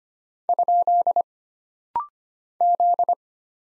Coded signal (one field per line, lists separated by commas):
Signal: Morse code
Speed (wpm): 25 wpm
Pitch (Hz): 700 Hz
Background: none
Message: ? Z